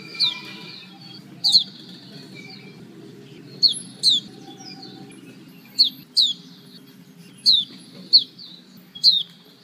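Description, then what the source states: White-eye giving sharp, high downslurred chirps, often in quick pairs, spaced a second or two apart over a low steady hum. Female.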